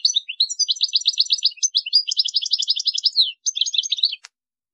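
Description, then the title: European goldfinch pouring out a continuous rapid twittering song of sweet, jangling notes, ending with a sharp click. "Chant Chardonneret"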